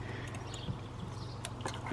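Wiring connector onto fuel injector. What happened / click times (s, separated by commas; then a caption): The connector clicked into place / 1.5 s, 1.7 s. A wiring plug is pressed onto a top fuel injector on the throttle body of a 2006 Suzuki GSXR 600 K6 motorcycle until its plastic clip snaps home. Over a steady low hum, sharp clicks are heard at 1.4 s and 1.7 s as the connector seats fully.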